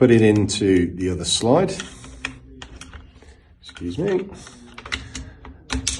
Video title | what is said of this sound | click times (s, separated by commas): The Tactical Flashlight War: Olight vs Surefire | Once it clicks, as you can see, it's locked into place. | 5.9 s